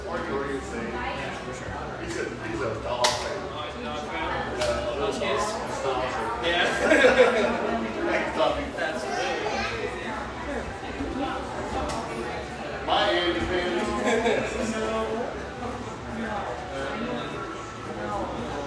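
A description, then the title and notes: Voices fill a café in a ski town, a dense, steady murmur of overlapping conversation with a few clearer male voices. Sharp clinks of cups or dishes cut through now and then, with a brief louder burst around thirteen seconds. Warm, firelit café in one of America's most popular ski towns.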